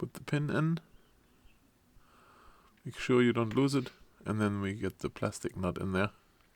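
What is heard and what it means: Someone talks while placing the pin end on the front hub of a Tamiya CC-01 RC car chassis and bringing a small plastic retainer nut to the steering pin, with a soft tick of handling around 2.8 s between phrases. Nothing has seated or clicked yet.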